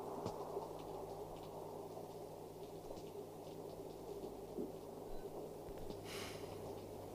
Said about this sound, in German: regnet noch immer. Mhm. Wir haben Regen nötig.